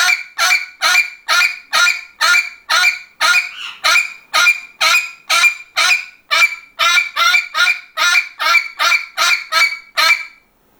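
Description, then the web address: Parrot squawking steadily, over twenty rasping, harmonic calls in a long even series of about two per second. "попугай"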